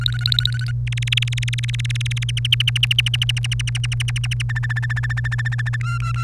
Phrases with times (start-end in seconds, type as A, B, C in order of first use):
0.00-0.71 A, 0.87-2.24 B, 2.29-4.42 C, 4.49-5.76 D, 5.81-6.24 E